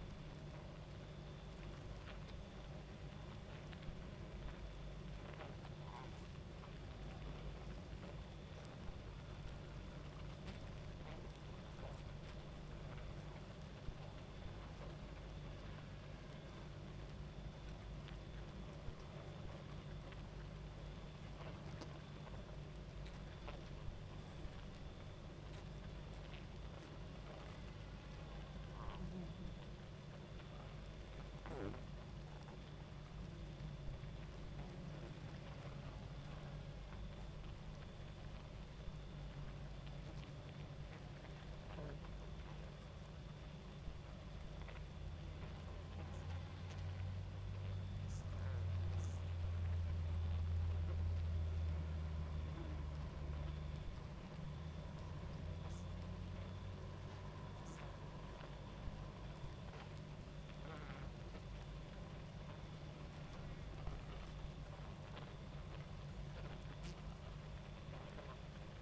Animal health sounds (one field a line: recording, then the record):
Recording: honeybee colony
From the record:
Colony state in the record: active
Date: 28 July 2017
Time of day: 23:55